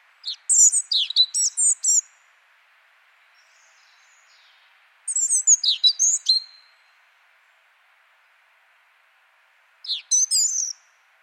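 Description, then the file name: European robin singing three short phrases of high, thin, tumbling whistles and trills, separated by pauses of several seconds, with a faint steady hiss underneath. "Erithacus rubecula"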